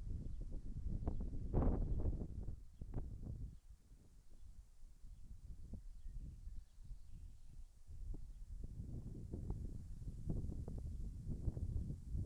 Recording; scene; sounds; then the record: everyday scene through a hearing-aid microphone; wind on the microphone; wind, birds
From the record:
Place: in front of a rural house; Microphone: behind the ear, left, rear